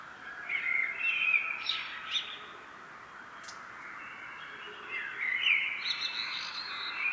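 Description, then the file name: Common blackbird singing two warbling phrases, each finishing with shrill twittering notes, a quiet stretch between them. "Turdus merula"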